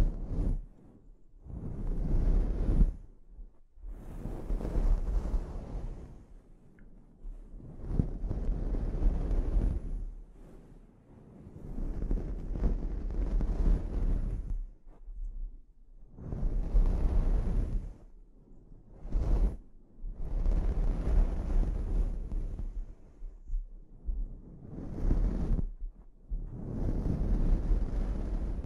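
A scalp treatment comes through as rough, rushing bursts that swell and fade every few seconds, heavy and rumbling low with a thin hiss on top. Brief quiet gaps break them up, near 4, 8, 15 and 19 seconds.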